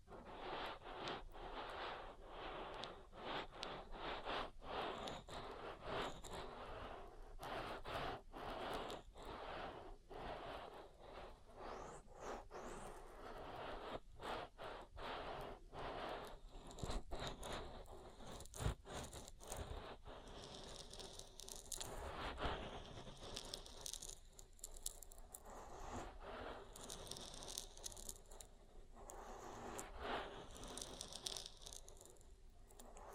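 Oil ear massage: dense, continuous wet rubbing and squelching with rapid crackling clicks and pops throughout. The texture stays busy and uneven, with brighter slippery bursts and louder smacks appearing more often after about fifteen seconds.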